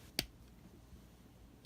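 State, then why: Seated. A translucent plastic display stand's peg is pushed into the port on a die-cast Hot Wheels Star Wars Kylo Ren's Command Shuttle toy ship. A single sharp, bright click sounds at 0.2 s, followed by a faint tick near 1.6 s over low background noise. The peg seats into the port.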